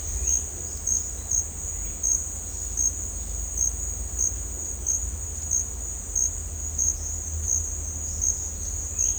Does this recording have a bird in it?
no